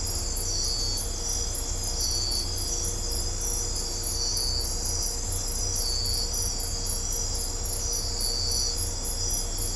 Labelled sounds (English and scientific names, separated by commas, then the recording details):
none
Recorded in dense forest near Puerto Asís, Putumayo, Colombia, on 22 December 2024 at 00:00
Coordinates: 0.503, -76.323
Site G043